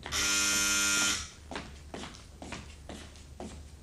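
A loud, steady electric doorbell buzzer drones for about a second with a harsh, harmonic-rich tone, then cuts off, followed by a series of soft footsteps.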